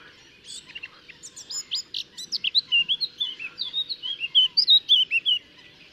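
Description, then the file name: Eurasian blackcap singing a hurried, scratchy warble followed by a run of bright, fluty whistled notes, with a steady low hum underneath. "Sylvia atricapilla"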